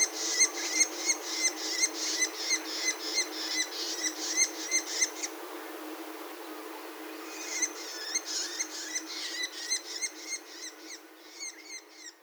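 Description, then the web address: Bull-headed shrike producing a rapid stream of harsh, ringing chattered notes for five seconds, a quiet pause, then another rapid chattering burst. Gifu, 13 March 2020. "koe mozu 200313 gifu kuroda"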